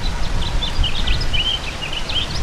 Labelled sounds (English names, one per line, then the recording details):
House Finch song
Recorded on Long Island, New York, on 31 May 2012
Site BP
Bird A